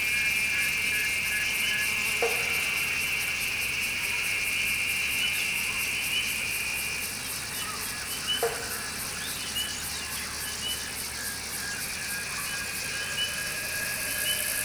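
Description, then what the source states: Cicada song, a high shrill buzz pulsing about four times per second over a steady lower drone. Recorded in summer.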